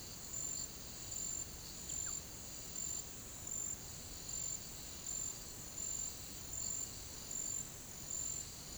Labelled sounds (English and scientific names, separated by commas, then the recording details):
none
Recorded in pastures near Puerto Asís, Putumayo, Colombia, on 8 March 2025 at 10:00
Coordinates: 0.486, -76.323
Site G075